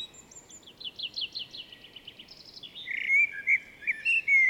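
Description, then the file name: Common blackbird song: a quick run of high ticking notes, then loud warbled phrases over the last second and a half. "Turdus merula"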